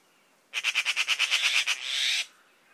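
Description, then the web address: Bird calls in a rapid train of about ten harsh notes, ending in a short buzzy, hissing rasp. Labelled in a bird-only dataset under the class "Pi Pi Pi Pi", 2025. "Bird Only More Classes Pi Pi Pi Pi"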